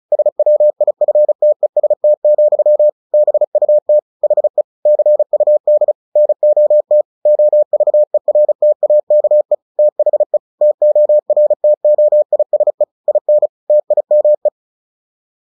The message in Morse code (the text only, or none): SWIFTEST, BUT HE CUD NOT OVERTAKE THE TORTOISE IN TIME